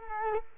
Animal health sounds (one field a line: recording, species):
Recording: mosquito wingbeat signal from an infrared sensor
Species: Culex quinquefasciatus